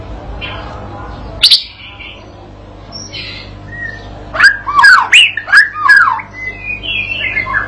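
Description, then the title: White-rumped shama giving a sharp click, a few soft whistles, then a quick burst of loud twisting slurred notes. Provoking training song used to teach a young shama to sing persistently; said to make the bird answer straight away. "MURAI BATU PAUD BELAJAR GACOR, AJARI DENGAN MASTERAN PANCINGAN INI, PANCING LANGSUNG NYAUT"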